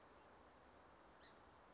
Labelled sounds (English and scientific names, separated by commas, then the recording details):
Song Sparrow (Melospiza melodia)
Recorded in Sonoma County, California